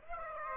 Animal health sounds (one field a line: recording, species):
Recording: mosquito wingbeat signal from an infrared sensor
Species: Aedes aegypti